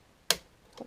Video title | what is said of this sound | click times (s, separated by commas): Addressing an envelope with Design Space | do it till it clicks and lock it in so I've already loaded my mat | 0.3 s